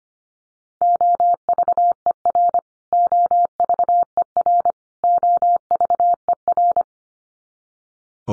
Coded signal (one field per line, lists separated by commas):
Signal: Morse code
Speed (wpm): 25 wpm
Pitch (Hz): 700 Hz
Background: none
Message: OVER OVER OVER